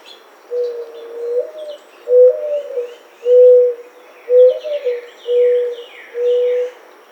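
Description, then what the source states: Mourning Dove giving slow, low coos roughly every second, some upslurred and others steady, with thin high chirps from other birds in the background. Recorded 14 July 2009.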